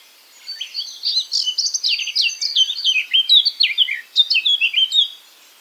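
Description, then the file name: Eurasian blackcap delivering a brisk warbled phrase of short, downslurred chirps in rapid succession, steady in loudness throughout. "Sylvia atricapilla"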